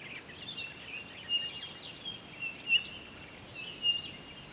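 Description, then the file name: Townsend's solitaire whistling several short, clear monotone notes over a continuous background hiss. On 23 October 2011. "20111023 townsends-solitaire"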